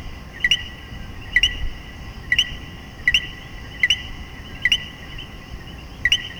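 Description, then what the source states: Common coquí: two-note calls, low then sharply rising, repeated about seven times at irregular gaps against a constant high-pitched chorus. In Puerto Rico.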